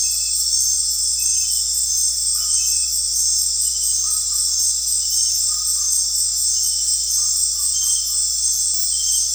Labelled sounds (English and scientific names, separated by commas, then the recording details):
none
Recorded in dense forest near Puerto Asís, Putumayo, Colombia, on 9 March 2025 at 19:00
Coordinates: 0.503, -76.323
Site GP09